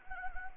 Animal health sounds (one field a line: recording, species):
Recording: mosquito wingbeat signal from an infrared sensor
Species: Anopheles gambiae